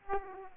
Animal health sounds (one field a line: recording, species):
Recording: mosquito wingbeat signal from an infrared sensor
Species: Aedes aegypti